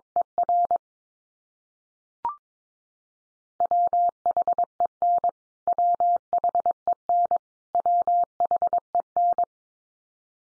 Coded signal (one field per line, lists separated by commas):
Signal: Morse code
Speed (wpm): 22 wpm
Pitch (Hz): 700 Hz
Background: none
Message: ER WHEN WHEN WHEN